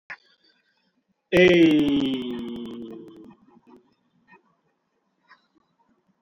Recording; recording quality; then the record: sustained vowel as in made; moderate, slight background noise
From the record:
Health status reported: COVID-19 positive, mild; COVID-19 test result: positive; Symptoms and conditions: fatigue, loss of smell and taste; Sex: male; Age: 35 years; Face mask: worn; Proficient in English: yes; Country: India